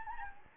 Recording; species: mosquito wingbeat signal from an infrared sensor; Anopheles gambiae